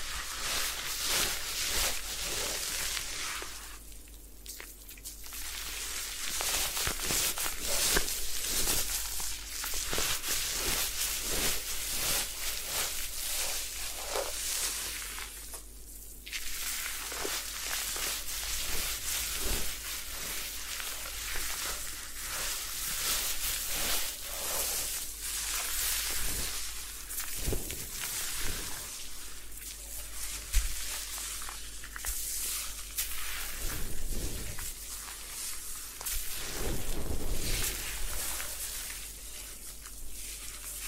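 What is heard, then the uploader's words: A head spa hair wash: a dense, bright rush of spraying water and scrubbing runs almost without pause. The flow briefly thins around four and sixteen seconds, and faint crackling rubs and taps come through irregularly underneath. Head Spa Hair Wash, Massage, Ear Cleaning.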